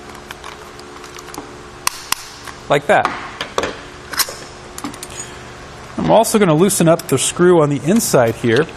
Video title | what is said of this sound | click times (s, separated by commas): etrailer - Fit Verified: Yakima RidgeLine Roof Rack for Flush Rails on a 2015 GMC Acadia | you want to tighten this down until you hear a couple audible clicks from our tightening tool like | 1.9 s, 2.1 s